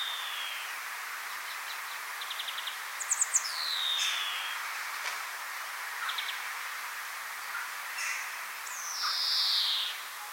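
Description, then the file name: European greenfinch calling: quick ticking trills, then long descending notes, the last near the end louder and drawn out, against constant hiss. Nominate subspecies Chloris chloris chloris. "Groenling - Chloris chloris chloris"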